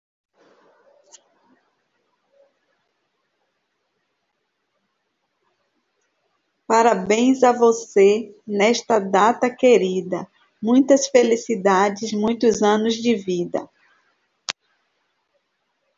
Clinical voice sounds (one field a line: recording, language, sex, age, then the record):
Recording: short text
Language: Brazilian Portuguese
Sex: female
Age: 50 to 59 years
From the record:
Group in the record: control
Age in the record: 54 years